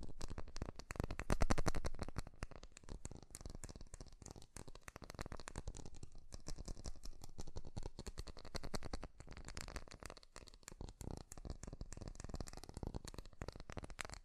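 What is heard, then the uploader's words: Fast tapping runs for the whole clip as a dense stream of sharp, crisp clicks, close together and uneven in rhythm. A louder burst comes just after the first second, then the tapping settles to a steady level, thinning briefly near ten seconds before resuming. ASMR 3D Fast Tapping.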